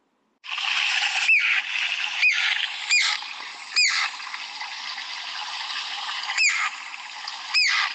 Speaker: Right, I did say I'm going to try and get the sound of that ground woodpecker for you, but here it goes.